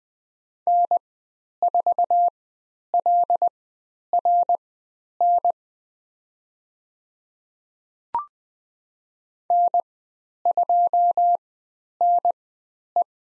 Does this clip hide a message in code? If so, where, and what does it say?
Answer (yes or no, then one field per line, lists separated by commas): yes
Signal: Morse code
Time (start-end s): 0.7-13.0 s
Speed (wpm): 20 wpm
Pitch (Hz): 700 Hz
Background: none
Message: N4LRN N2NE